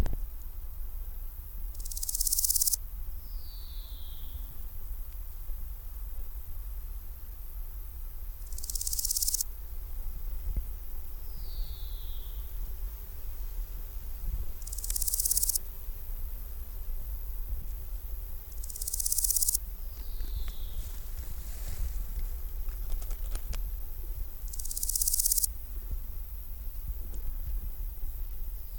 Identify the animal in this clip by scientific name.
Chrysochraon dispar